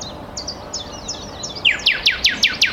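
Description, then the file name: Common nightingale song: soft high chirped notes at first, then a quick run of loud sweeping strokes repeated at an even pace toward the end. "Luscinia megarhynchos"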